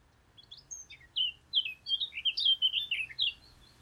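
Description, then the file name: Eurasian blackcap singing one rich, hurried phrase, with scratchy high notes at first and then a run of loud, liquid, fluty whistles that rise and fall. "Sylvia atricapilla"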